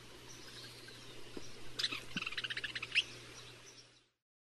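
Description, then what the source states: Western kingbird giving a burst of squeaky, sharp chattering notes over about a second, after a few single clicks, with a steady low hum underneath. Recorded in North America.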